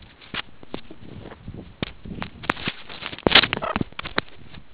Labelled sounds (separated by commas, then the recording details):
meerkat close call
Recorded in the Kuruman River Reserve, South Africa
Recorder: an audio tag on a meerkat's collar